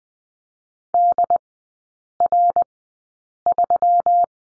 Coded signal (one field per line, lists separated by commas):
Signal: Morse code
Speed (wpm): 20 wpm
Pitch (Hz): 700 Hz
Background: none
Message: DR3